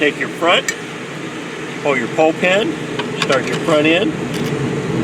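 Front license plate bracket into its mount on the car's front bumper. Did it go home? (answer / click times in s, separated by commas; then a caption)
no / none. Someone talks while a front license plate bracket for a 2021–2026 BMW M2 with Adaptive Cruise Control is handled at its mount on the car's front bumper, with the pull pin pulled and the front end being started onto the mount. A steady background hum runs under the speech, and no sharp sounds stand out. Nothing has seated or clicked into place yet.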